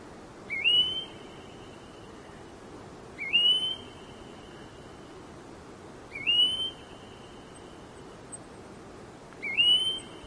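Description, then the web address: Red-browed goldfinch giving high, thin whistles, each a quick upward slide into a level tone, four calls spaced roughly three seconds apart against faint steady hiss. "red browed goldfinch bird call"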